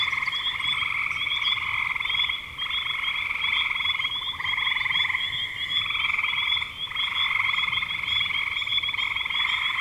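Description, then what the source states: Frogs trilling, rapid pulsed calls in near-continuous waves with short lulls, and a steady high buzz above. Spring 2025.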